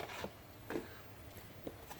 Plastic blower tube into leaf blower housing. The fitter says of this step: knobs slip fit right in there Wow lock snaps into place do you hear that snap